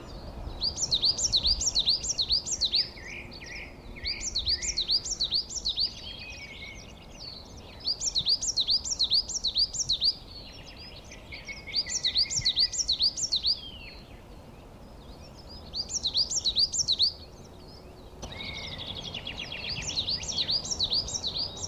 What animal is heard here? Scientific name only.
Periparus ater